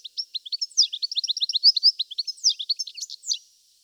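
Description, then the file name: European goldfinch in continuous twitter, a fast jumble of high, liquid notes running for over three seconds. "Carduelis carduelis"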